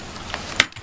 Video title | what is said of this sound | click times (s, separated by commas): Assembling and Disassembling Greenland Folbot | assemblies again snap into the keyholes and snap into place. | 0.6 s